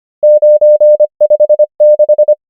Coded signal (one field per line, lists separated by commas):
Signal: Morse code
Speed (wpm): 25 wpm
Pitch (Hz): 600 Hz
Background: none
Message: 9 5 6